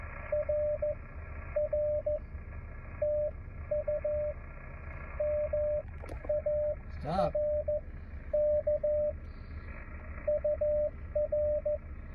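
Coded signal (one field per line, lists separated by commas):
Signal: Morse code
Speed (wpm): 15 wpm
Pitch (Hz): 600 Hz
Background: speech, radio noise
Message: RR TU MARK UR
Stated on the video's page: Park activation during the WWFF August in the Parks 2025 event, hunting and park-to-park contacts, operated from the car when rain started.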